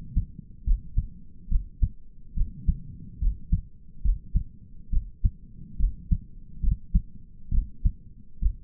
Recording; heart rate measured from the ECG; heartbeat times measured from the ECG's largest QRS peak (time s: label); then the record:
heart sounds by stethoscope; 70 bpm
0.66 s: heartbeat
1.51 s: heartbeat
2.36 s: heartbeat
3.21 s: heartbeat
4.04 s: heartbeat
4.92 s: heartbeat
5.79 s: heartbeat
6.63 s: heartbeat
7.53 s: heartbeat
8.41 s: heartbeat
From the record:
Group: healthy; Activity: cold pressor test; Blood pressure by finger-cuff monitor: 99/77 mmHg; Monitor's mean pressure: 86 mmHg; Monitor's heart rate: 68 bpm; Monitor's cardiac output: 5.4 L/min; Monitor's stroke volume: 78 mL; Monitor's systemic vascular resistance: 1150 dyn s/cm5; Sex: male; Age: 22 years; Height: 181 cm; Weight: 79 kg